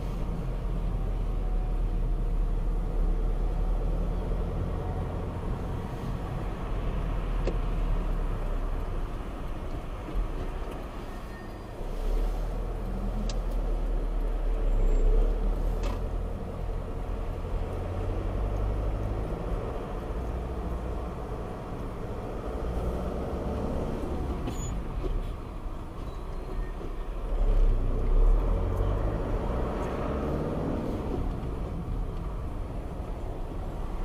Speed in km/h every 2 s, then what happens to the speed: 18, 17, 19, 17, 8, 5, 4, 8, 10, 12, 13, 14, 11, 5, 12, 16, 13.
0-5 steady at about 18. 5-11 slows to 4. 11-22 speeds up to 14. 22-25 slows to 5.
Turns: none.